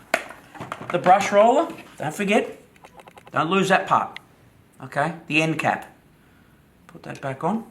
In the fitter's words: everything clicks so once you hear a click it's done